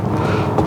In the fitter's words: round it quite a bit but it's snapped back in and now